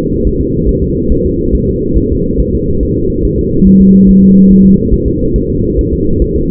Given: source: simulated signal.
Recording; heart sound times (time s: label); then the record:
fetal heart sounds
0.27 s: S1
0.41 s: S2
0.69 s: S1
0.84 s: S2
1.12 s: S1
1.26 s: S2
1.55 s: S1
1.69 s: S2
1.98 s: S1
2.12 s: S2
2.40 s: S1
2.55 s: S2
2.83 s: S1
2.97 s: S2
3.25 s: S1
3.39 s: S2
3.67 s: S1
3.81 s: S2
4.09 s: S1
4.23 s: S2
4.51 s: S1
4.66 s: S2
4.94 s: S1
5.08 s: S2
5.36 s: S1
5.50 s: S2
5.79 s: S1
5.93 s: S2
6.22 s: S1
6.36 s: S2
From the record:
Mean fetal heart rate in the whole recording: 140 bpm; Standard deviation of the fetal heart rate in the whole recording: 2 bpm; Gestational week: 34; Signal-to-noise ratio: -15.3 dB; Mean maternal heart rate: 72 bpm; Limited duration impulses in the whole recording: present